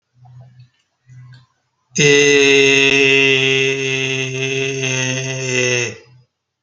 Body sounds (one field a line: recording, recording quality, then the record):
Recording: sustained vowel as in made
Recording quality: excellent, no background noise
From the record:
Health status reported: healthy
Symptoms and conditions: none ticked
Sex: male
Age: 35 years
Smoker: not ticked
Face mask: not worn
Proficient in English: yes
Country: India